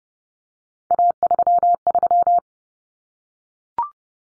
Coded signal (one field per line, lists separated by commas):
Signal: Morse code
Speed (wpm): 30 wpm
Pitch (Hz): 700 Hz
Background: none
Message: A33